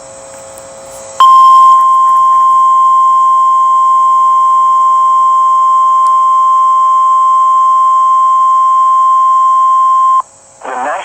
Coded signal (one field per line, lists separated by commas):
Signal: Emergency Alert System (SAME) tones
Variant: 1050 Hz attention tone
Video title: Flash Flood Warning for Fairfield County CT 9/29/2023 EAS #4